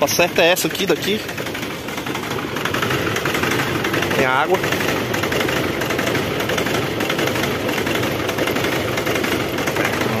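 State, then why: Not seated. A radiator cap is tried on a truck's radiator filler neck while the engine runs and someone talks. The cap does not fit, and nothing has seated or clicked yet.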